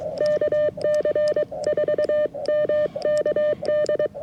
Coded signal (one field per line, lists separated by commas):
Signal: Morse code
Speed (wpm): 20 wpm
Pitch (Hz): 560 Hz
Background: none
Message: KC4MKD